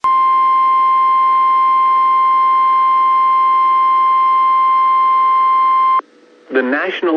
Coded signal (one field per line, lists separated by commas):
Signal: Emergency Alert System (SAME) tones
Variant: 1050 Hz attention tone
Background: speech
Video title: Clearwater MN NOAA Weather Radio Severe Thunderstorm Warning EAS WNG676 6 53 PM 5 12 2022